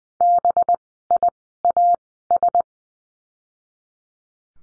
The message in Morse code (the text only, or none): BIAS